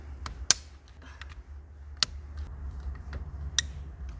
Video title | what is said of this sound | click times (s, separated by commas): Replacing Clock Spring - 2013 Toyota Prius C | Here we go. So they all made a nice, satisfying snap. | 0.5 s, 2.0 s, 3.6 s